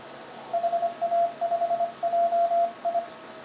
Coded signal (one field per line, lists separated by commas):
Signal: Morse code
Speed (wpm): 24 wpm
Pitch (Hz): 720 Hz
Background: radio noise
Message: HA5JI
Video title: finsh cut down cw #py1ax #cw #test